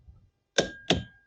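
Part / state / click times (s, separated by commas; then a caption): torque wrench on propeller shaft nut / torque reached / 0.6 s, 0.9 s. A torque wrench set to 75 ft-lb tightens the 3/4 inch propeller shaft nut during a Gori 2-blade folding propeller install. After a faint low rumble, two sharp metallic clicks ring out at 0.6 s and 0.9 s, each leaving a brief ringing tail. The wrench clicks at its 75 ft-lb setting, confirming the nut has reached torque.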